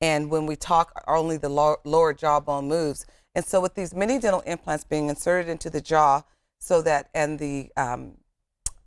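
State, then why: Seated. Someone talks for most of the clip before a denture fitted with receptor housings is pressed onto titanium mini dental implant posts in a model jaw. A single sharp snap is heard at 8.7 s as the implant-retained denture seats into place.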